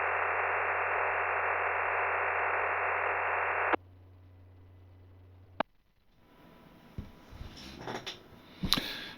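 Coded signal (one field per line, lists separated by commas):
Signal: digital SSTV (DRM)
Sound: steady wide hissing digital roar, cut off abruptly, then a squelch crash and faint room noise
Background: hum, squelch tail, radio static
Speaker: just put it on tx if you want to send it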